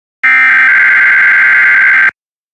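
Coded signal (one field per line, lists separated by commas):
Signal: Emergency Alert System (SAME) tones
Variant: header bursts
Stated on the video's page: Mock weekly EAS tests from fictional station products.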